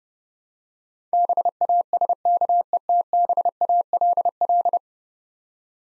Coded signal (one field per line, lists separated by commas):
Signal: Morse code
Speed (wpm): 30 wpm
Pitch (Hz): 700 Hz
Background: none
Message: BASKETBALL